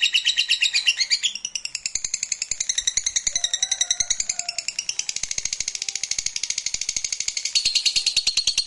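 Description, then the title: Lovebird song: warbling, wavering high phrases that flow into a fast, steady buzzy chatter lasting several seconds. Meant to stimulate a lazy, quiet lovebird so that it eagerly and spontaneously starts singing in the sustained 'narik' style. "LOVEBIRD Malas Bunyi JADI GREGET SPONTAN Langsung NARIK"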